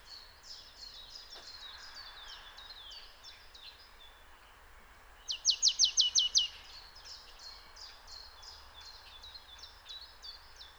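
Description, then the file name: Marsh Tit with one loud burst of seven quick, sharp high notes midway, while softer repeated slurred notes run throughout. "Poecile palustris"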